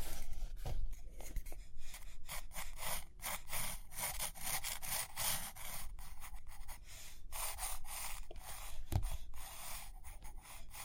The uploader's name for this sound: Page Turning and Tapping, Writing, Drawing